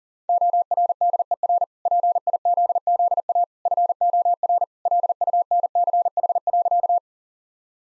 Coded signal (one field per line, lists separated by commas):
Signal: Morse code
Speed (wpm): 40 wpm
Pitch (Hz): 700 Hz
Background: none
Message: ORDER PIZZA FOR LUNCH.